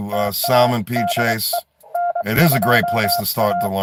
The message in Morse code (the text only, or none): TA DE N2A